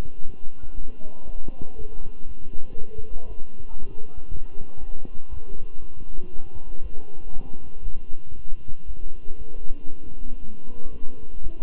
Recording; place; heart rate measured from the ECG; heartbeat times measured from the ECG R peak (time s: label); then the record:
heart sounds by stethoscope; between the tricuspid and mitral areas; 118 bpm
0.25 s: heartbeat
0.75 s: heartbeat
1.25 s: heartbeat
1.76 s: heartbeat
2.27 s: heartbeat
2.77 s: heartbeat
3.28 s: heartbeat
3.78 s: heartbeat
4.29 s: heartbeat
4.79 s: heartbeat
5.30 s: heartbeat
5.80 s: heartbeat
6.31 s: heartbeat
6.82 s: heartbeat
7.32 s: heartbeat
7.84 s: heartbeat
8.35 s: heartbeat
8.86 s: heartbeat
9.37 s: heartbeat
9.88 s: heartbeat
10.40 s: heartbeat
10.92 s: heartbeat
11.42 s: heartbeat
From the record:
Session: walking at 3.7 km/h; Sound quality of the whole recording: good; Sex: male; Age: 23 years